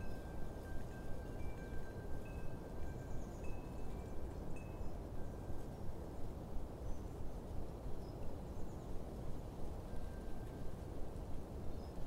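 Wind chimes ring in an autumn wind, their thin metallic tones appearing as scattered bright pings and a few longer sustained notes throughout. Beneath them a dense, rumbling gusting wind fills the low end steadily, swelling and easing in quick regular pulses.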